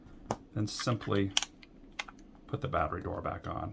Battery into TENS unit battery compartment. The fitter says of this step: put your battery in properly pull out the ribbon put it in evenly and snap into place